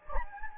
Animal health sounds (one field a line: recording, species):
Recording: mosquito wingbeat signal from an infrared sensor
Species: Anopheles gambiae